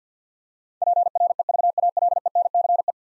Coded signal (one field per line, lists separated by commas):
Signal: Morse code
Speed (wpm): 50 wpm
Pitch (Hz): 700 Hz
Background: none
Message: PREVALENCE